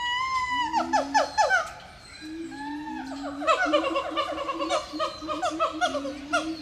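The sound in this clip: Monkey calls: several overlapping harmonic cries, some sliding downward, mixed with rapid chattering notes, pausing briefly midway before a busier burst of calling resumes.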